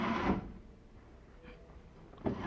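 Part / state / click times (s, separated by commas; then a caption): seat swivel lock pin into base holes / not seated / none. A motorhome seat is being turned on its swivel base, bringing its lock pin toward the holes in the base. A broad rustling handling noise fades out by about 0.5 s, a quiet stretch follows with a faint sound near 1.5 s, and a short sharp knock comes at 2.3 s. The lock pin has not yet dropped into the holes, so nothing has seated or locked yet.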